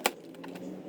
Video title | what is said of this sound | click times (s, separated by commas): Power folding mirror not working, fixing broken gear in Honda Civic | Slide and press the switch panel into door until it snaps back into place. | 0.1 s